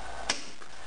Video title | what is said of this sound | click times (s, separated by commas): ShoeBox Air Compressor Belt Drive Upgrade | and you hear them snap loose | 0.3 s